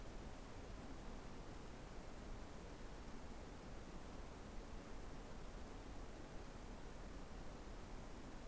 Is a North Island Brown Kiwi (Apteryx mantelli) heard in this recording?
no